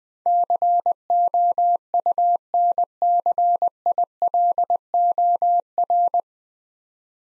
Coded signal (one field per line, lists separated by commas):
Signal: Morse code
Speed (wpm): 20 wpm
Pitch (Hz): 700 Hz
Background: none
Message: COUNCILOR